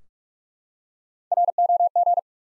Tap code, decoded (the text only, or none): none